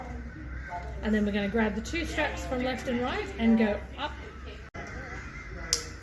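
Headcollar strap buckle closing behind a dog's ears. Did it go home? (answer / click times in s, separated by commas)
yes / 5.7 s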